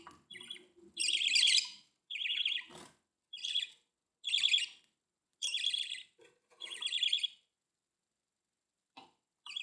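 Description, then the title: Budgerigar calls: buzzy chirps in irregular bursts, with a quiet gap near the end. "Budgie Sounds"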